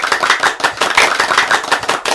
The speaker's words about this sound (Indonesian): Ayo, kita beri tepuk tangan untuk kita semua.